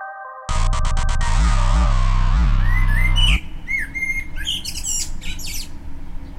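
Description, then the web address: Eurasian blackbird song, mellow whistles and squeaky twitters, after a loud burst of pulsing electronic music with a low bass throb. "user lukas Kro track solsort"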